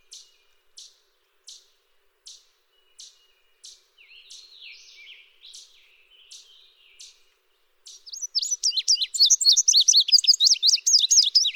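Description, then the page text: Indigo bunting giving sharp high chips spaced under a second apart, a soft buzzy warble, then a loud rapid stream of high slurred song notes. "Chris Parrish - Индиговый овсянковый кардинал (Passerina cyanea)"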